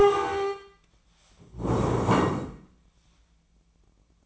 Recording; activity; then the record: daily activity, microphone in the room; stand up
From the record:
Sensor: 1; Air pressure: 1012.3 hPa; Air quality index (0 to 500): 173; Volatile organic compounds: 3 ppm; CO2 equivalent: 1417 ppm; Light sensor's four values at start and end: 46/124/51/62 and 46/124/51/63